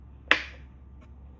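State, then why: Released. A 7507/BAU15S turn signal bulb socket is twisted counterclockwise to unlock it from the lamp housing of a 2024 Elantra N, ahead of fitting a 4KP8 Series CANBUS LED. A single sharp click at 0.3 s marks the socket releasing from the housing, followed by a faint tick around 1.0 s over a low steady hum. The socket is released and good.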